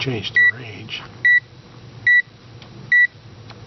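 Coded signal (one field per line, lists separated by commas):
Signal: none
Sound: multimeter range beeps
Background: speech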